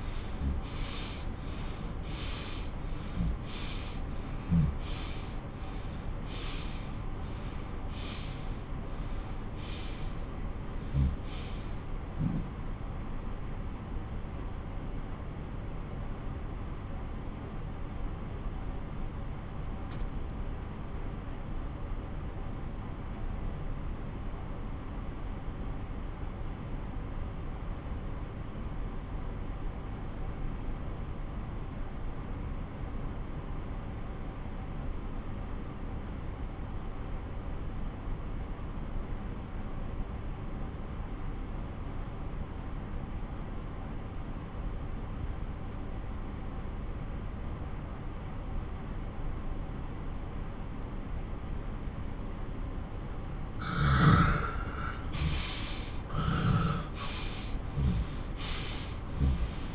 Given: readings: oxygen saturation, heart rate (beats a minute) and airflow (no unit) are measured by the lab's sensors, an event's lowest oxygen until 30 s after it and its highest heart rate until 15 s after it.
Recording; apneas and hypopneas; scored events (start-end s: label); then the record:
breathing in sleep by a smartphone at the bedside; 1
8.00-52.30 s: obstructive apnea (N1, oxygen 96% highest, then 82% lowest)
23.00-53.00 s: new sleep stage, N2 (light sleep)
53.00-59.75 s: new sleep stage, N1 (lightest sleep)
From the record:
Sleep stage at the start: N1 (lightest sleep); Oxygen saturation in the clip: 82 to 96%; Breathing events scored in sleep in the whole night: 217 in 6.3 hours asleep